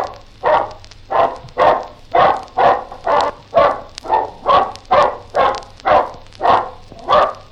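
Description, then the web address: Bulldog barking in a steady series of short, rough barks, about two per second, with a faint low hum underneath. "BBC Bulldog"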